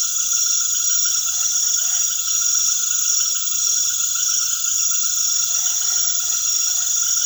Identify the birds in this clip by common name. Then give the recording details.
none. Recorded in secondary vegetation near Puerto Asís, Putumayo, Colombia, on 19 February 2024 at 19:30. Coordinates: 0.500, -76.326. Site G6428